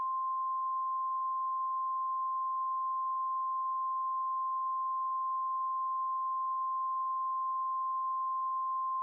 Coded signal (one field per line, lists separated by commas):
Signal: Emergency Alert System (SAME) tones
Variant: 1050 Hz attention tone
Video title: The 2022 Eastern Blizzard: An EAS Scenario (Remastered)